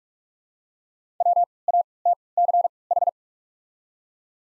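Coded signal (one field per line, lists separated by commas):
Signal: Morse code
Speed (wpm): 46 wpm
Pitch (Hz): 700 Hz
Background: none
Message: WATCH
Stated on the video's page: Morse practice of the top 300 words at 45 wpm using Farnsworth timing with 3x character spacing.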